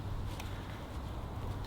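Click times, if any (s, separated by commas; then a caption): none. A new dynamic LED side indicator for an F54 Mini Clubman is handled against its plastic surround on the car's wing, ready to slide in and click onto its two locators. A steady low rumble runs throughout, with one brief faint tick near 0.4 s. Nothing has seated or clicked into place yet.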